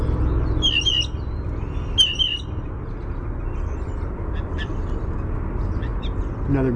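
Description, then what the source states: Blue jay making two quick squeaky, ringing calls about a second apart, then quiet low rumble with faint chirps and a brief low sound at the end. Pumphandle call.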